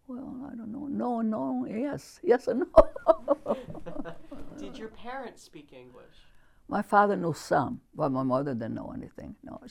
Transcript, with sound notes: Well, I don't know. "No, no, yes." Yes and no. ( they laugh )
Did your parents speak English?
My father knew some, but my mother didn't know anything, no.